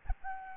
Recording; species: mosquito wingbeat signal from an infrared sensor; Aedes albopictus